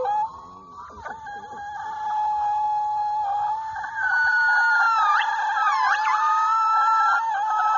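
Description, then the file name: Monkey calls: a sustained droning wail, later joined by higher wavering and dipping whistled notes. "affe"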